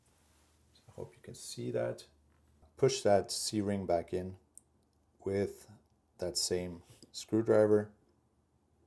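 Someone talks while a metal C ring retaining clip is pushed back toward its groove with a screwdriver on the click-ball assembly of a Shibuya Ultima archery sight. The clip ends before the ring goes home, so nothing has seated or clicked yet.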